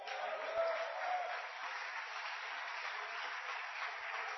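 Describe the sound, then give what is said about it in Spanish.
A church audience claps their hands together in praise to the Lord, a steady, dense wash of applause that holds an even loudness for several seconds, with no voices rising above it. “Es una bendición, dile palmas al Señor.”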